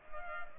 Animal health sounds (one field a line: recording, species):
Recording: mosquito wingbeat signal from an infrared sensor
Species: Culex pipiens